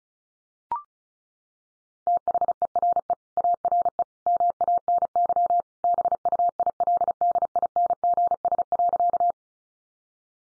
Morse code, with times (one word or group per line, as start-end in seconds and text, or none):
2.1-3.1 THERE
3.4-4.0 ARE
4.3-5.6 MANY
5.8-9.3 BUILDINGS.